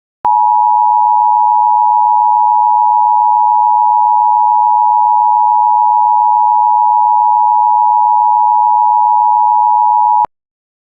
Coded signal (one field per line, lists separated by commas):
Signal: Emergency Alert System (SAME) tones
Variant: 853 and 960 Hz attention tone